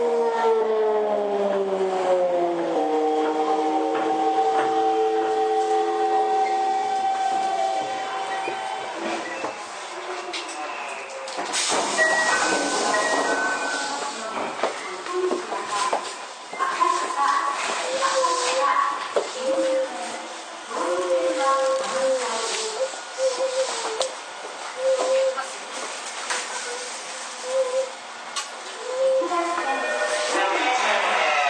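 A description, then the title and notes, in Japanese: A Toei 5300 series train on the Oshiage–Gotanda run: for the first nine seconds its motor whine slides steadily downward as it slows. After a loud burst near eleven seconds, speech and chime-like tones take over, and a rising whine returns at the end. 都営5300形 押上ー五反田。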